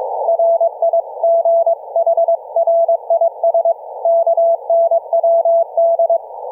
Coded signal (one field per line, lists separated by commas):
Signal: Morse code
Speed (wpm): 22 wpm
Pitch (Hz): 670 Hz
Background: none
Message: RIG HR IS KNWD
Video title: Forensic Audio & Network Testing a HomeBrew Remote Rig CW KEYING system for an ELECRAFT K3S(pt3)